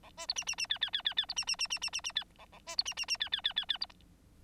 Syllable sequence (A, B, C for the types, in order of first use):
A B C D D D E E E E E C D D D D D D D E A A B C D D D E E E E E C